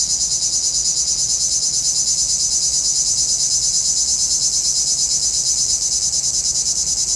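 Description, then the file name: Cicada chorus: an even, shrill buzz throbbing several times per second without a break. Cicadas heard in a pinewood. "Relaxing Music Therapy - Sounds from a Pinewood Cicadas"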